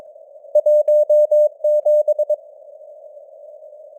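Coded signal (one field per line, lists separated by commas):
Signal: Morse code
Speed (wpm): 22 wpm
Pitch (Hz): 600 Hz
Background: none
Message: 17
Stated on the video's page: Morse code news headlines at 22 wpm with simulated radio noise and varying signal strength (QSB).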